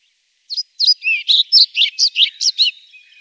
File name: Svartvit flugsnappare